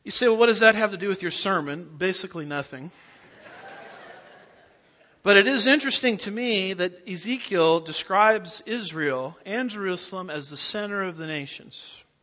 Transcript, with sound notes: You say well, what does that have to do with your sermon? Basically nothing! [Laughter] But it is interesting to me that Ezekiel describes Israel and Jerusalem as the center of the nations.